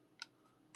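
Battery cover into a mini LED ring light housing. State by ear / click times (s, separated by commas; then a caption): not seated / none. A plastic battery cover on a small LED ring light housing is pushed inward, producing two short, sharp ticks at about 0.2 s and 0.8 s over a quiet background. The cover does not stay in or lock any deeper and keeps sticking out, possibly because the unit is faulty; it has not latched or clicked into place.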